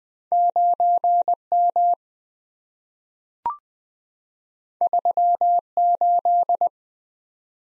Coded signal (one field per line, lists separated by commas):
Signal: Morse code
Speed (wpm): 20 wpm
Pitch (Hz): 700 Hz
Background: none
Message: 9M 38